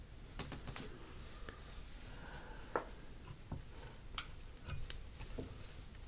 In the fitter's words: okay once you get it started in there just press it in and that will snap right into place okay it's secure now